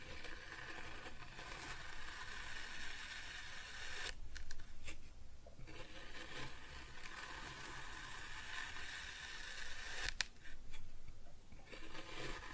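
Kinetic sand being cut and scooped, a steady grainy crunching and hissing with a dense, bright texture throughout. Around 4 to 6 seconds the sound drops to a softer, lower rustle, and again briefly near 10 seconds, with small clicks marking the cuts.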